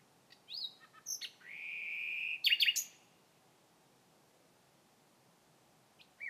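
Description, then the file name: Common nightingale song: clipped notes lead into a long steady whistle held for about a second, then a loud fast stutter of repeated notes, a pause and one last note. "Nachtigall Gesang"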